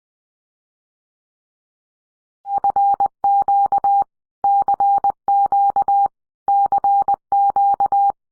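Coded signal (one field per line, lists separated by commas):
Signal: Morse code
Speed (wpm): 20 wpm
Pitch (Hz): 800 Hz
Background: none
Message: FQ CQ CQ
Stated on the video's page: Fake EAS scenario.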